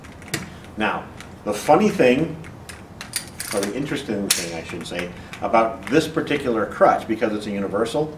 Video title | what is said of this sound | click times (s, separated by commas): How to correctly size and use Crutches and Forearm Crutches | pull it down to the right size let it click into place | 0.3 s